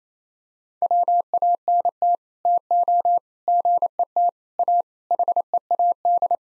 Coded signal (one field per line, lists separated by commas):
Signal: Morse code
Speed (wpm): 28 wpm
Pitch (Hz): 700 Hz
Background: none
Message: WANT TO GET A HEAD